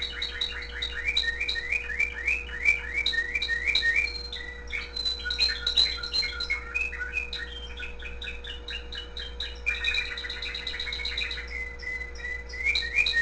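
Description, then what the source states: Canary singing a lively series of repeated chirping phrases and rolling trills, shifting pattern every few seconds, over a steady hum. The owner's own canary.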